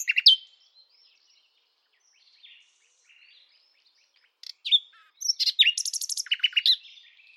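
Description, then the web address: Bird song in high, varied chirps and short trills, a near-silent gap in the middle, then a rapid run of sharp repeated notes toward the end. "Bird Only"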